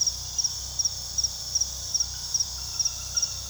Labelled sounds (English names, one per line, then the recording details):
none
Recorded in pastures near Puerto Asís, Putumayo, Colombia, on 21 February 2024 at 00:30
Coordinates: 0.486, -76.323
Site G6462